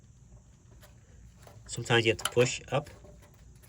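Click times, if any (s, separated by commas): none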